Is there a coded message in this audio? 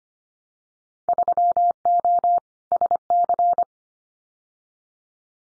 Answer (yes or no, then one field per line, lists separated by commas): yes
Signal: Morse code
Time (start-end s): 1.1-3.6 s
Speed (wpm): 25 wpm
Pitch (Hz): 700 Hz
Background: none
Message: 3O SC